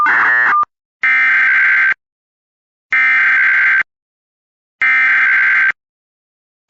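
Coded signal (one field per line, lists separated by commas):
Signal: Emergency Alert System (SAME) tones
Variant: header bursts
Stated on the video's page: Compilation of rare alerts including national emergency message, nationwide test, blue alert, nuclear power plant, radiological hazard, extreme wind, snow squall, ice storm, tsunami, law enforcement warnings.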